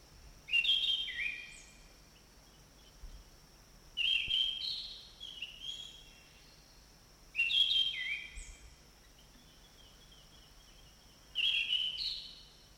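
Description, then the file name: Orange-banded thrush song: four short bright warbling phrases, each about four seconds apart, with a steady high hum behind them. In forest. "anis cendana hutan omkicau"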